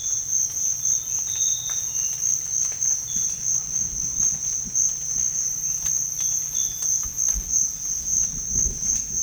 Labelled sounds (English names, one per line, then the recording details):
none
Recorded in dense forest near Puerto Asís, Putumayo, Colombia, on 21 December 2024 at 06:30
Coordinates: 0.484, -76.325
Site G056